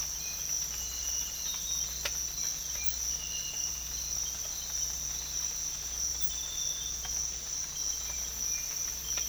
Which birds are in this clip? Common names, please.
none